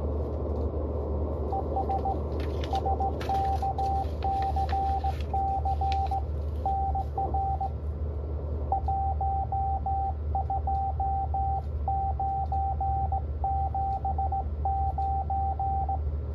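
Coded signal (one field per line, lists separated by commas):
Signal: Morse code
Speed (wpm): 16 wpm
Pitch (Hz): 780 Hz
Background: radio noise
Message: ES SKCC NR 12979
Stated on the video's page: Straight key Morse in a live QSO, received on a KH1.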